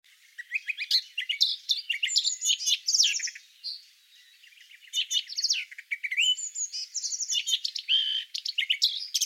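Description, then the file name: Eurasian blackcap song, a fast varied warble of scratchy chattering notes breaking into clearer high fluting phrases, with a short pause midway. "Sylvia atricapilla"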